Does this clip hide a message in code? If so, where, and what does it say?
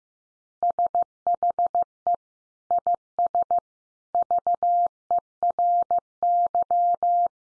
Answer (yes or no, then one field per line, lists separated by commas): yes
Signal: Morse code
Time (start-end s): 0.6-7.3 s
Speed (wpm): 15 wpm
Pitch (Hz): 700 Hz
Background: none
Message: SHE IS VERY